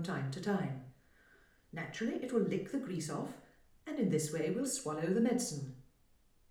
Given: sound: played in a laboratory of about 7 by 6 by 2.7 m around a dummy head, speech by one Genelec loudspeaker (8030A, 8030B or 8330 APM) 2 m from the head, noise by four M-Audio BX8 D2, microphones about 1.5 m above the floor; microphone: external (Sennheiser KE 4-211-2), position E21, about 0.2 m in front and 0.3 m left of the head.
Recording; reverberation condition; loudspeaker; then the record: female speech in English; medium; 120 degrees to the left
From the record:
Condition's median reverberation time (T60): about 510 ms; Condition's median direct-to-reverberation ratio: about -0.5 dB